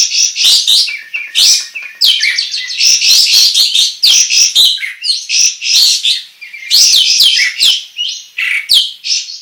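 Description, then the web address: Sooty-headed Bulbul song, an almost unbroken stream of loud, scratchy chattering and twittering notes with short whistled slurs, delivered energetically throughout. Song described as gacor, meaning singing energetically and continuously. "kapas-tembak suara-kapas-tembak-gacor"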